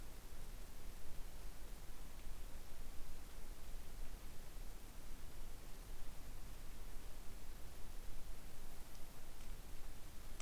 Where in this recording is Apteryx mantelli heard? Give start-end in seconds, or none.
none